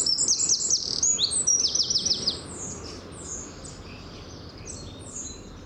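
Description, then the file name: Eurasian wren song, a loud rapid high trill of repeated notes for over two seconds, then fainter high chattering notes over a soft background hiss. "Troglodytes troglodytes"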